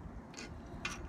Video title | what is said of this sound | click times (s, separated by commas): How I installed Solar Panels Install using Unistrut on our Bus Conversion | basically it just locks into place like that | 0.8 s